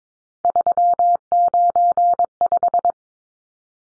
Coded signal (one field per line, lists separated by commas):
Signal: Morse code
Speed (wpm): 22 wpm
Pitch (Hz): 700 Hz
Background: none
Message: 395